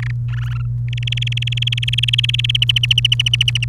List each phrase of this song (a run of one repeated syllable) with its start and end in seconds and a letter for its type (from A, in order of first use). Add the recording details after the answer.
0.00-0.11 A, 0.28-0.62 B, 0.88-2.57 C, 2.62-3.65 D. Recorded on 28 April 2018 at 13:34. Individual llb3